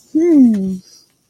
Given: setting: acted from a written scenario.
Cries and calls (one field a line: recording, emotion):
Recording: vocal sound without words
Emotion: pride